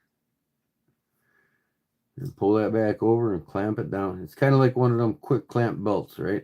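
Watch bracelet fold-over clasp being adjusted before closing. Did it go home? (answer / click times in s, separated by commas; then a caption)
no / none. A watch bracelet's fold-over metal clasp is being adjusted: the bracelet is slid forward to the right length and lined up just before the clasp is folded over and clamped shut. The first two seconds are nearly silent, then someone talks through the rest of the clip. The clasp has not been closed or clicked yet.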